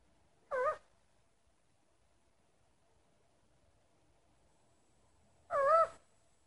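Owl giving two short, wavering, quavering calls about five seconds apart, with silence between.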